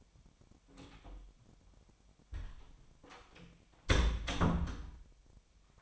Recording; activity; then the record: daily activity, microphone in the room; close door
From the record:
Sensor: 1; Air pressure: 1007.3 hPa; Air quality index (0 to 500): 196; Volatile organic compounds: 19 ppm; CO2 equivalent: 2656 ppm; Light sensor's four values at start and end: 13/34/13/15 and 13/32/13/15